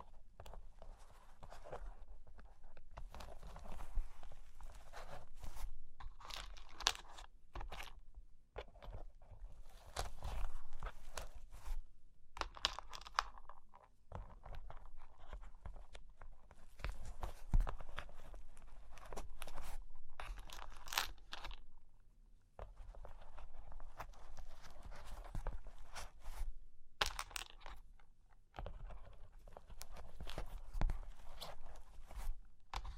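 Scratching and tracing over cork and wood comes in dense, rough bursts a few seconds long, separated by brief silences. Gritty, crunchy rasping fills the lows through the highs, with occasional sharper taps, notably near 17 seconds. The rhythm is irregular throughout.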